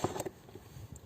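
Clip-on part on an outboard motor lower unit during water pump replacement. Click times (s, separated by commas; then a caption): 0.0 s, 0.2 s. During a water pump replacement on an old Evinrude 70 hp VRO two-stroke outboard, a clip-on part is pushed onto the lower-unit assembly. It snaps into place with sharp clicks at 0.0 s and 0.2 s, followed by a softer tick and faint rattling. The part ends up properly clipped in and well seated.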